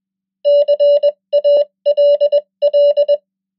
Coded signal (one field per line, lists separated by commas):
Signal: Morse code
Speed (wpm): 21 wpm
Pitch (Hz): 580 Hz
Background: none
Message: CALL